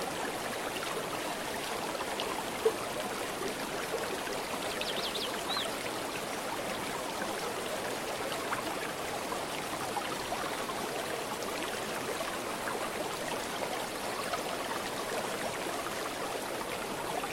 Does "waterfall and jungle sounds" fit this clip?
yes